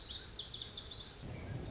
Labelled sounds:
Lazuli Bunting

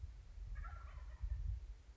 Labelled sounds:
Wild Turkey

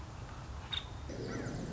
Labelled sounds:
Nuttall's Woodpecker

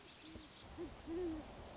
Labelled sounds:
Great Horned Owl

